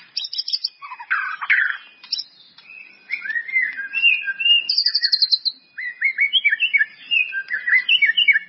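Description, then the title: White-rumped Shama song: a varied run of rich whistles, rising and falling slurs and short harsh notes, delivered in quick bursts with brief pauses. "murai batu"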